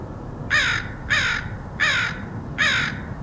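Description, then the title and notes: Crow giving four rough, grating caws at a steady pace, about one every 0.7 seconds, with faint low hum behind. Crows recorded in Portland, Oregon, August 2003. "Crows of Portland. Crows recorded by Dan Bodah in Portland, OR, August 2003"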